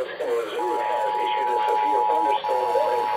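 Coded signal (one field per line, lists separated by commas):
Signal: Emergency Alert System (SAME) tones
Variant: 853 and 960 Hz attention tone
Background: speech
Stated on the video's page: Severe thunderstorm warning EAS alerts issued by the Missoula and Great Falls offices.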